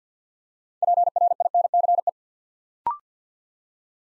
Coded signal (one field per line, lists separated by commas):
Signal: Morse code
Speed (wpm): 50 wpm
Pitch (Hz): 700 Hz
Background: none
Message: PRINCE